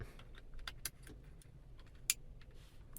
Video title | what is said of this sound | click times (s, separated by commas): BMW 1 series heated steering wheel retrofit (E8X)(first ever?) | and it should click like that then you can reconnect your Ribbon cable | 2.1 s